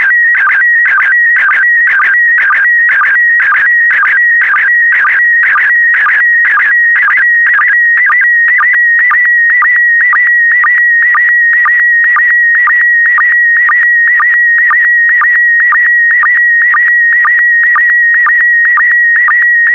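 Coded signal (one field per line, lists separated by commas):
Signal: SSTV (slow-scan television)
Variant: PD120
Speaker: the next image transmission will start in 10 seconds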